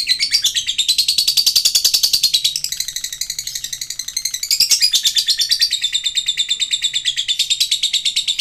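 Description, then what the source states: Lovebird singing a continuous, fast-trilled, buzzy high warble that rises and falls without a break for over eight seconds. Male lovebird, described as 'gacor'.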